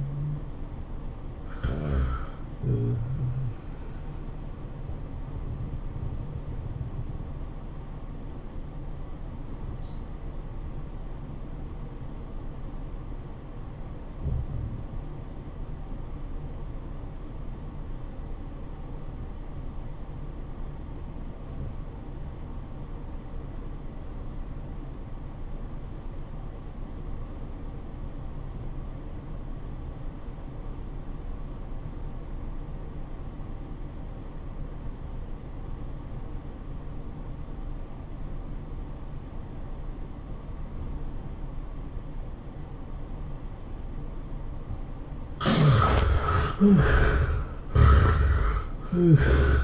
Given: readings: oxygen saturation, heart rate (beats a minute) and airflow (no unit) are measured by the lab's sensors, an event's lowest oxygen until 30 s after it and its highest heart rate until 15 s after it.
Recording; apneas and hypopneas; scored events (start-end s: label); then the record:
breathing in sleep by a smartphone at the bedside; 1
7.00-44.80 s: obstructive apnea (REM, oxygen 97% highest, then 63% lowest, heart rate 97 at the start, 114 highest)
From the record:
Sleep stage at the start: REM sleep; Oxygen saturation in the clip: 68 to 97%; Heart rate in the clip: 74 to 109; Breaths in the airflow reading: 4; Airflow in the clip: -15.7 to 10.9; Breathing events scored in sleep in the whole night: 403 in 5.5 hours asleep